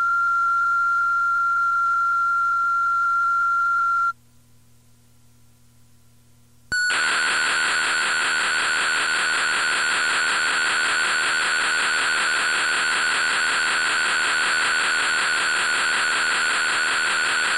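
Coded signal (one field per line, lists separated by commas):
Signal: computer data on cassette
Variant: Intellivision Keyboard Component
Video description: First two minutes of a blank Intellivision Keyboard Component BASIC data storage cassette.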